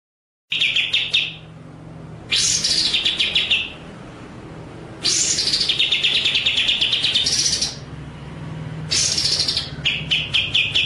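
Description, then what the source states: White-rumped shama delivering long, dense buzzy phrases that slide downward, alternating with fast chattering trills. Masteran (training) track of full ngerol and nembak song.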